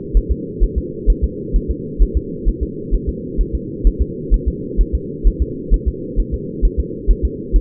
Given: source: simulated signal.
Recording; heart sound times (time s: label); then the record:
fetal heart sounds
0.17 s: S1
0.32 s: S2
0.64 s: S1
0.78 s: S2
1.10 s: S1
1.24 s: S2
1.56 s: S1
1.71 s: S2
2.03 s: S1
2.17 s: S2
2.49 s: S1
2.63 s: S2
2.95 s: S1
3.09 s: S2
3.41 s: S1
3.55 s: S2
3.87 s: S1
4.02 s: S2
4.34 s: S1
4.48 s: S2
4.81 s: S1
4.95 s: S2
5.28 s: S1
5.42 s: S2
5.74 s: S1
5.88 s: S2
6.20 s: S1
6.34 s: S2
6.65 s: S1
6.80 s: S2
7.11 s: S1
7.25 s: S2
7.56 s: S1
From the record:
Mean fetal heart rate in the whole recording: 130 bpm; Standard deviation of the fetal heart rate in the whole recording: 2 bpm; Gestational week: 36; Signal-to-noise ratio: -4.1 dB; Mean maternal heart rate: no maternal heart sound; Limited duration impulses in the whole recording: absent